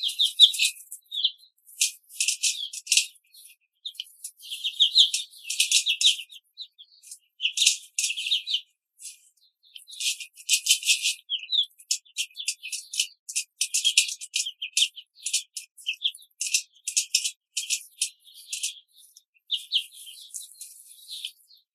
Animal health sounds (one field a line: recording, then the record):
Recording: young laying hens in a cage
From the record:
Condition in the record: control cage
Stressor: none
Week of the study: 5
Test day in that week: 1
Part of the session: 3